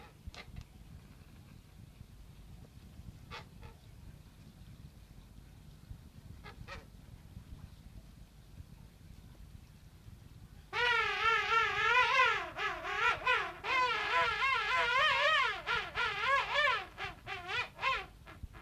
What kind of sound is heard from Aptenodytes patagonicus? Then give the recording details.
call. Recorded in captivity. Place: Zoo Hannover, Niedersachsen, DE. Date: 1971-12-17. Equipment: Halbspur, 9,5 cm/s. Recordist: Lütgens, Hans. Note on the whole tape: Fünf Königspinguine, meistens rufen zwei